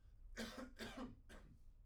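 Three coughs from an adult in quick succession.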